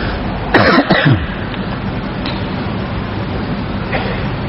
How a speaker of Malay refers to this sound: Tak mahu tuan-tuan, atas ketidakselesaan batuk lah. Batuk-batuk untuk cancel kuliah malam ni. Batuk teruk tadi, nak main tadi dia batuk sampai bergoncang dada.